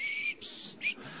Somebody next to them that had a whistling nose.